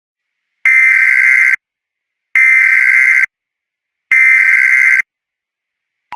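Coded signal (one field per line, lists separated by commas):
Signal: Emergency Alert System (SAME) tones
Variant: header bursts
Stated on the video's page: Fictional emergency alert scenario, not a real warning.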